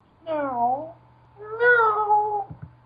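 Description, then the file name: Domestic cat meowing twice, a short wavering meow followed by a longer drawn-out one, with a faint low hum and two small knocks at the end. "meow"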